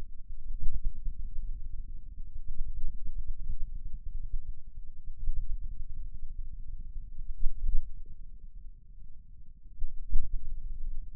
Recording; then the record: forearm muscle sounds (acoustic myography)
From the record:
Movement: pen grasping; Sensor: system 2, bracelet of six BSWA MPA416 microphones around the upper forearm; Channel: 1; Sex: male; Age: 22 years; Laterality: right